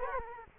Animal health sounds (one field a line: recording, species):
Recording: mosquito wingbeat signal from an infrared sensor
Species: Culex quinquefasciatus